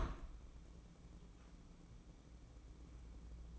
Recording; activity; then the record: daily activity, microphone in the room; open window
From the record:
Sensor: 1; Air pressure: 1012.3 hPa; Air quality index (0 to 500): 160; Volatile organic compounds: 2 ppm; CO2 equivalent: 1309 ppm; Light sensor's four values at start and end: 220/507/226/252 and 218/503/224/251